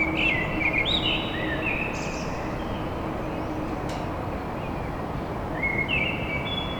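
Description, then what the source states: Common blackbird warbling fluty phrases with brief high notes, partly masked by louder constant traffic-like rumble and a sharp click. Recorded at dawn in Paris.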